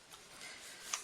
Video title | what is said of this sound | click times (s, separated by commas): Reseña del Sony - Cámara vlogging ZV1BDI.EU (Eye AF con Seguimiento a Tiempo Real, detección de Fase | You've also got on the side here the button so you can adjust it and that firmly clicks into place. | 0.9 s